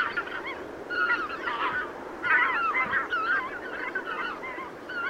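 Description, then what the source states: Goose: geese honking continuously, a chorus of overlapping wavering honks that swells and fades without a break. Recorded 5 September 2016.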